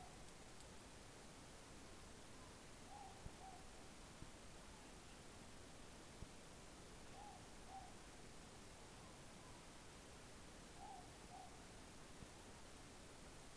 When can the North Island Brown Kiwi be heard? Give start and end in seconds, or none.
none